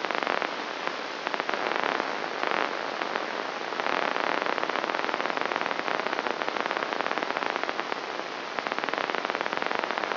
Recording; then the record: brain microelectrode recording played as sound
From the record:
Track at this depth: outside the subthalamic nucleus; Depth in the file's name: 1.313 mm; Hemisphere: left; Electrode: 3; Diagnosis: Parkinson's disease